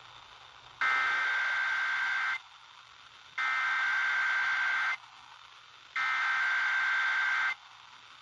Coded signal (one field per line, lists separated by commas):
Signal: Emergency Alert System (SAME) tones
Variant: header bursts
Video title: WSCL Required Weekly Test